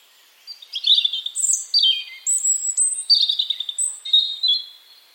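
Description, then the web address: European robin song, a liquid run of high, thin whistles and wavering trills, some notes sliding downward, others held briefly, in one flowing phrase. "Deverinetal 2025 File origin Bird Only Er Ru"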